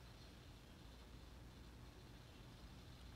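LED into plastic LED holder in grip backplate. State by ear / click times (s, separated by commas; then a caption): not seated / none. A small LED is lined up at the plastic LED holder in an airsoft grip backplate, just before being pushed in with two hands. Only a steady, low rumbling background is heard throughout, with no distinct sudden sounds. Nothing has seated or clicked yet.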